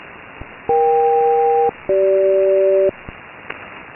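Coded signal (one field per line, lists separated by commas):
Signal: aircraft SELCAL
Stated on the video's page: HF SELCAL samples from military and civilian aircraft: USB with carrier, two pairs of tones, recorded in Fort Collins, Colorado.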